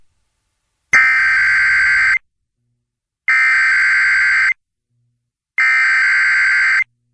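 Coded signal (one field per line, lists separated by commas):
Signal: Emergency Alert System (SAME) tones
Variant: header bursts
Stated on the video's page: First nationwide EAS test, recorded from an online live stream of a sports talk FM station.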